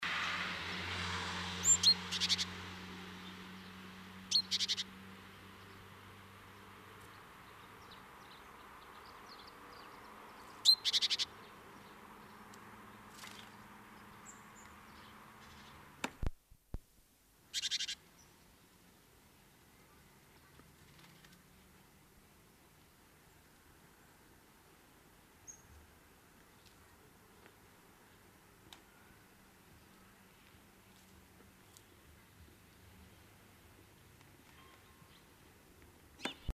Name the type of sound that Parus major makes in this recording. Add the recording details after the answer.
call. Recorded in the wild. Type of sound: call. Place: Kaiserslautern, Rheinland-Pfalz, DE. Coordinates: 49.4247, 7.77889. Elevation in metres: 279. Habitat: garden. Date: 1976-09-25. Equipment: Nagra, Vollspur. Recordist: Tretzel, Erwin. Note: Garten, Kaiserslautern: Rufe